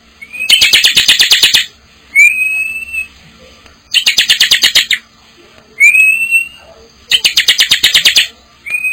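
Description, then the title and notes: Bar-winged prinia singing: long fast trains of harsh clicking notes alternate with single rising, sustained whistles, the pattern repeating three times. From a collection of vigorously singing (gacor) birds and young birds. "Kicau Ciblek. suara burung ciblek gacor dan anakan"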